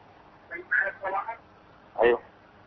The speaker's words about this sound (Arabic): أيوه اتفضل، لكن أتمنى أن تخفي صوت التلفاز وتسمع من الهاتف وتشارك.